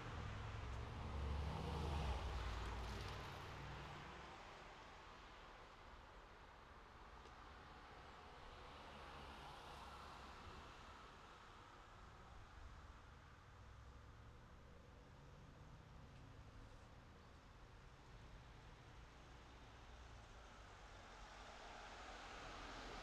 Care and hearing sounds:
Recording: everyday scene through a hearing-aid microphone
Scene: in traffic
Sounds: traffic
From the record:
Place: city secondary road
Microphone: in the ear canal, left

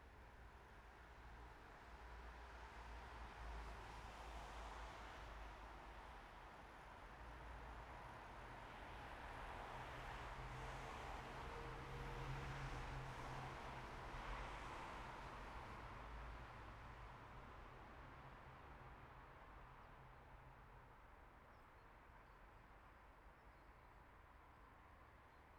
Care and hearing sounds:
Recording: everyday scene through a hearing-aid microphone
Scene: in traffic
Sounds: traffic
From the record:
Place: bus stop on a city main road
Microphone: behind the ear, right, rear

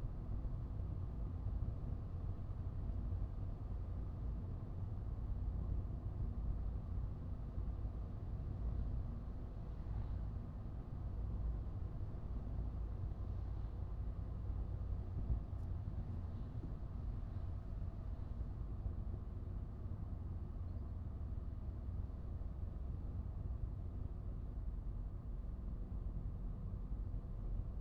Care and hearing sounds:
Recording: everyday scene through a hearing-aid microphone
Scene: in a vehicle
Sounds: engine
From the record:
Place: Skoda Fabia, gasoline engine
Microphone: in the ear canal, right

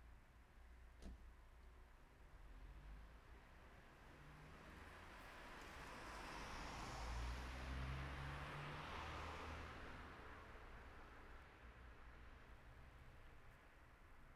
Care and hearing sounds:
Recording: everyday scene through a hearing-aid microphone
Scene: in traffic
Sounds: traffic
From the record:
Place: city secondary road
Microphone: behind the ear, right, rear

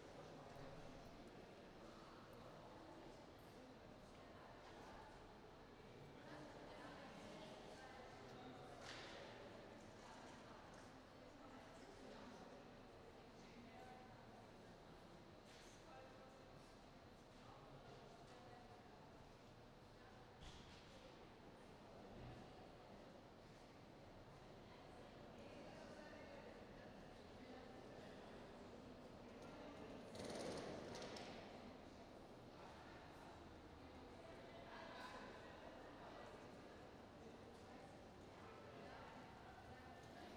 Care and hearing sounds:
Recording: everyday scene through a hearing-aid microphone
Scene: reverberant space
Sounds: background noise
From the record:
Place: railway station hall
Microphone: in the ear canal, right

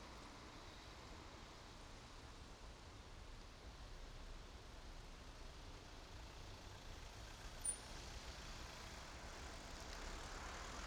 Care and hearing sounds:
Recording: everyday scene through a hearing-aid microphone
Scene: in traffic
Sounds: traffic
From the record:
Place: main road on the outskirts, rush hour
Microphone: in the ear canal, right

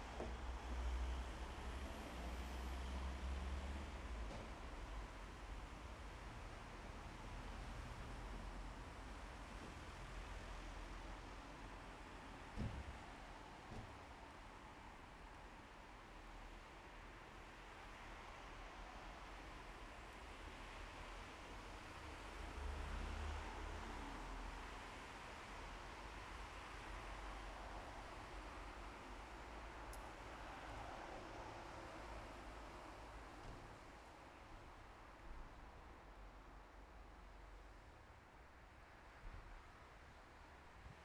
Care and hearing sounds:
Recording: everyday scene through a hearing-aid microphone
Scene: in traffic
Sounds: traffic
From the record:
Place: bus stop on a city main road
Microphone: behind the ear, left, rear

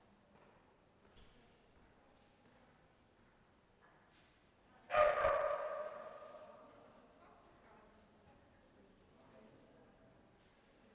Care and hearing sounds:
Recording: everyday scene through a hearing-aid microphone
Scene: reverberant space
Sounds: barking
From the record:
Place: railway station hall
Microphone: behind the ear, left, front

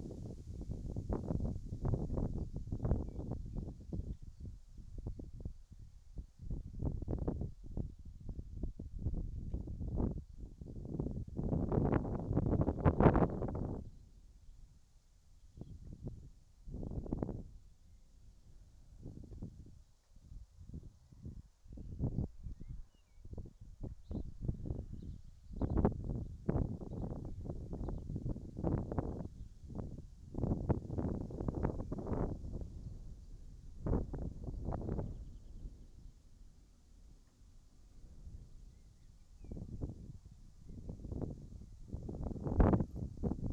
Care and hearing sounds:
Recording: everyday scene through a hearing-aid microphone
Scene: wind on the microphone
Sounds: wind, whistling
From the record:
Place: in front of a rural house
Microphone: in the ear canal, right

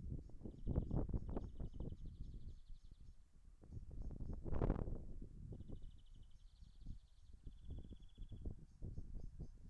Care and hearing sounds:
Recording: everyday scene through a hearing-aid microphone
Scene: wind on the microphone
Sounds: wind, traffic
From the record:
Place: in front of a rural house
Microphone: behind the ear, left, front

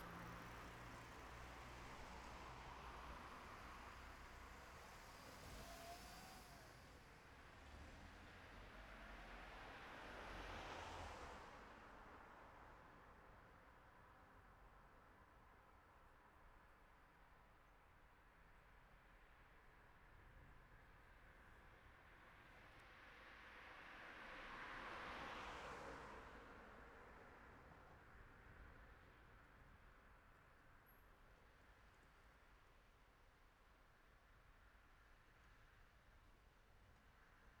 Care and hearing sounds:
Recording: everyday scene through a hearing-aid microphone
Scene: in traffic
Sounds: traffic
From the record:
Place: city secondary road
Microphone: behind the ear, right, front

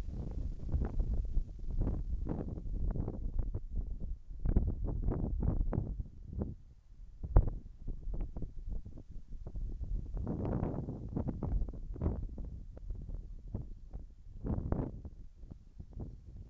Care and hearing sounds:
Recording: everyday scene through a hearing-aid microphone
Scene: wind on the microphone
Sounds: wind, whistling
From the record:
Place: in front of a rural house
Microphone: behind the ear, left, front

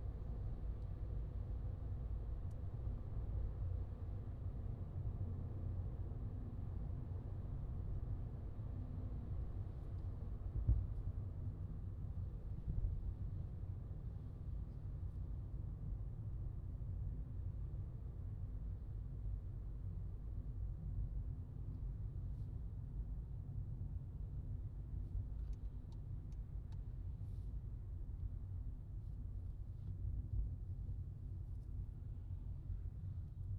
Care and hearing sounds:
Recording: everyday scene through a hearing-aid microphone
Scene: in a vehicle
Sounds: engine, highway driving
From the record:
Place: Skoda Fabia, gasoline engine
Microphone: in the ear canal, left

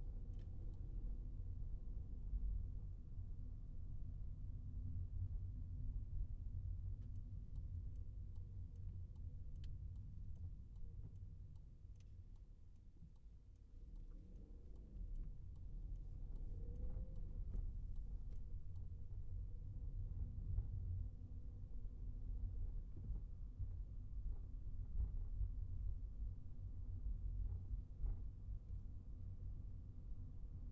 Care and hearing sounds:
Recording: everyday scene through a hearing-aid microphone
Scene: in a vehicle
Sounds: engine, highway traffic jam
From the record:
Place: Skoda Fabia, gasoline engine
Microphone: behind the ear, right, front

